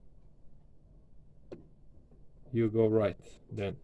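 A screw held on a magnetic screwdriver sits in a threaded hole in a UV printer frame and is turned left (backwards) until a short, faint click at 1.5 s as the thread start drops into the mating thread, showing it has seated before being turned right to drive it in. A low, quiet hum runs underneath, and someone talks from about 2.5 s.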